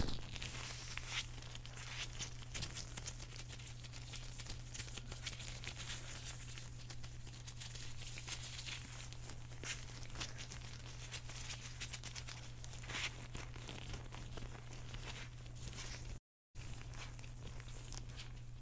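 Gloves are rubbed and handled, giving a dense, continuous run of crinkly, scratchy rustling with small snaps throughout. A steady low hum sits underneath the whole time. Near the end the sound cuts out completely for a brief moment, then resumes.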